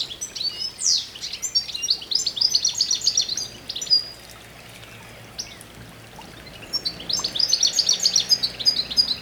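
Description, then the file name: European goldfinch giving rapid, tinkling high chirps in two lively bursts, a quieter gap between them, over a steady hiss of background noise. "Carduelis carduelis"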